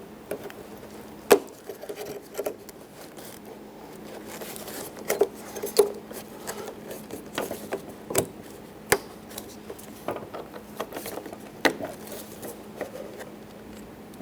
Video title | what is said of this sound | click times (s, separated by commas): How to Replace Headlights 2008-2012 Honda Accord | Make sure they all click to lock into place. | 1.3 s, 8.9 s, 11.7 s